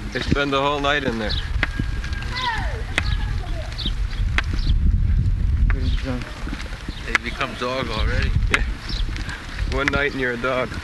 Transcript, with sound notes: They spend the whole night in there.
Getting drunk. [people shouting]
They've become dog already.
One night and you're a dog.